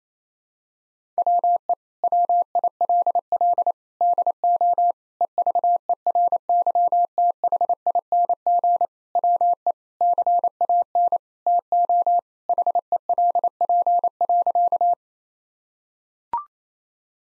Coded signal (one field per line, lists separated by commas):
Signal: Morse code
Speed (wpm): 28 wpm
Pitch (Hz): 700 Hz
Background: none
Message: WE WILL DO EVERYTHING WE CAN TO HELP.